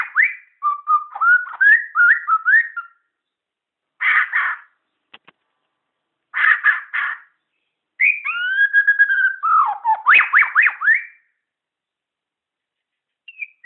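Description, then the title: Shama song: rich varied whistled phrases, slurred rising and falling notes, short buzzy bursts and a rapid run of upswept notes, separated by brief pauses. Bornean form (murai Borneo). "MURAI BORNEO MAS KIKI"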